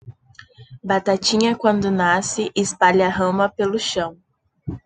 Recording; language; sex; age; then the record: short text; Brazilian Portuguese; female; 20 to 29 years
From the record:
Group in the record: control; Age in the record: 23 years